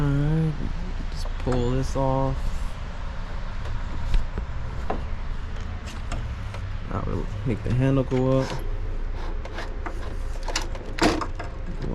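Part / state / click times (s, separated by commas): folding handle into its hinge lock on a compact electric scooter / seated / 11.0 s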